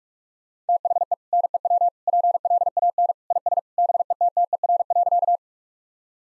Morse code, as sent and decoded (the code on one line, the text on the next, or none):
- .... . / -. . .-- / .--. .-.. .- -. / .. ... / -... . - - . .-. .-.-.-
THE NEW PLAN IS BETTER.